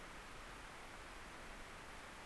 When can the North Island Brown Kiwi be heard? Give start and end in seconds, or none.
none